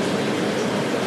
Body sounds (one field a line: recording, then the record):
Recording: background sound without coughing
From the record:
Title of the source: Office Sounds Ambience - Background Noise for Study and Work